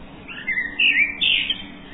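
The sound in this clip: Bird chirps, a few bright twittering notes, with two louder bursts in the middle over a faint low hiss.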